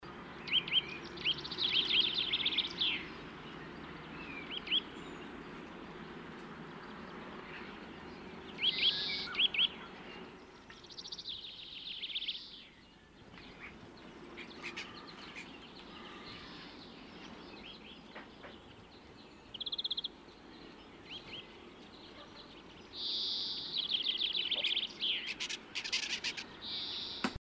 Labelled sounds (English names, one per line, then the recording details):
Common Chaffinch song
Eurasian Nuthatch
European Greenfinch
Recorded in the wild
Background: Sitta europaea, Chloris chloris
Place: Oberstdorf, Bayern, DE
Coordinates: 47.446, 10.3002
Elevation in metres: 953
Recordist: Tretzel, Erwin
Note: Gesang